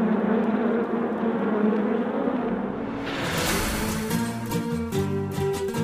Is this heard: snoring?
no